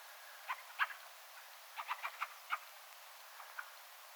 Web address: 17 12 2024 rakattirastaan huomioaantelya taustalla toinen ja kolmaskin rakattirastas